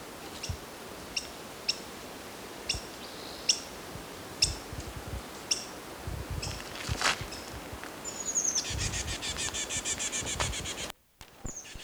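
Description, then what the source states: Black-headed Grosbeak calls, several short sharp high notes about once a second, followed by a burst of rapid rattling noise. Wit calls given by a black-headed grosbeak flying over.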